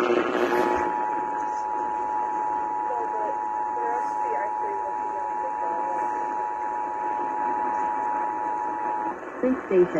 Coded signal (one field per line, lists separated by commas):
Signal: Emergency Alert System (SAME) tones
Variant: 853 and 960 Hz attention tone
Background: speech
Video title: Those Spooky Feelings | EAS Tests From 10/4/2022 (EAS #1,750-1,759)